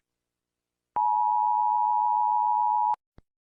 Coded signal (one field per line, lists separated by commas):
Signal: Emergency Alert System (SAME) tones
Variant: 853 and 960 Hz attention tone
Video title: Mr Incredible Becoming Uncanny Eas Alerts (REUPLOAD)